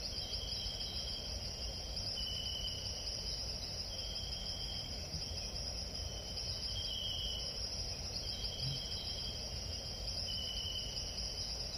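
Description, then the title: Crickets trilling steadily at a high pitch, with a slightly lower buzzy trill coming and going, over broad background noise. Crickets at night in the jungle, recorded while camping. "Sleep sounds jungle camping at night with crickets, no talking"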